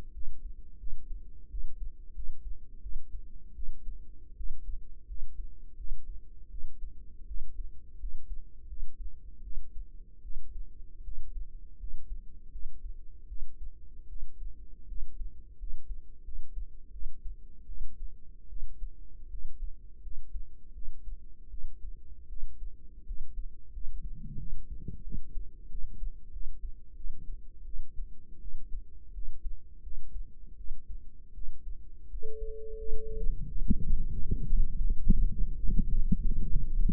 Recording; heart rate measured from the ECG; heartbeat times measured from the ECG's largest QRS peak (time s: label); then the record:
heart sounds by microphone in the right ear; 84 bpm
0.14 s: heartbeat
0.79 s: heartbeat
1.50 s: heartbeat
2.15 s: heartbeat
2.82 s: heartbeat
3.55 s: heartbeat
4.36 s: heartbeat
5.07 s: heartbeat
5.77 s: heartbeat
6.50 s: heartbeat
7.27 s: heartbeat
7.99 s: heartbeat
8.68 s: heartbeat
9.43 s: heartbeat
10.22 s: heartbeat
11.03 s: heartbeat
11.79 s: heartbeat
12.51 s: heartbeat
13.28 s: heartbeat
14.08 s: heartbeat
14.87 s: heartbeat
15.58 s: heartbeat
16.24 s: heartbeat
16.91 s: heartbeat
17.66 s: heartbeat
18.48 s: heartbeat
19.29 s: heartbeat
20.02 s: heartbeat
20.73 s: heartbeat
21.49 s: heartbeat
22.28 s: heartbeat
23.05 s: heartbeat
23.72 s: heartbeat
24.37 s: heartbeat
25.03 s: heartbeat
25.69 s: heartbeat
26.31 s: heartbeat
26.95 s: heartbeat
27.65 s: heartbeat
28.40 s: heartbeat
29.13 s: heartbeat
29.82 s: heartbeat
30.56 s: heartbeat
31.33 s: heartbeat
32.09 s: heartbeat
32.77 s: heartbeat
33.46 s: heartbeat
34.13 s: heartbeat
34.73 s: heartbeat
35.31 s: heartbeat
35.88 s: heartbeat
36.49 s: heartbeat
From the record:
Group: healthy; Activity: rest 0-26 s, light exercise 26-37 s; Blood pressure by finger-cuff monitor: 101/65 mmHg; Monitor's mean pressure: 76 mmHg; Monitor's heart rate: 83 bpm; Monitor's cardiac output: 6.7 L/min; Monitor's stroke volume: 81 mL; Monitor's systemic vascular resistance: 800 dyn s/cm5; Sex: female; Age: 19 years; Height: 163 cm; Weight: 48.9 kg